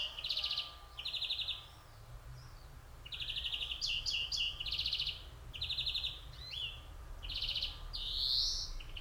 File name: Chloris chloris